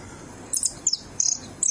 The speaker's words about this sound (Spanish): Esta es la calandria. Esta es la calandria. La gran imitadora.